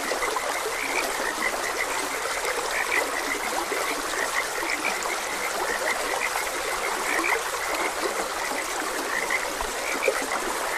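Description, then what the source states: Frogs producing repeated quick croaks, irregular, heard over the constant hiss of a running stream. Frogs croaking beside a gentle stream.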